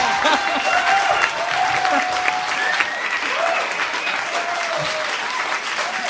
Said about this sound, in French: Ah, les gens applaudissent, hein? Ils n'ont pas le choix.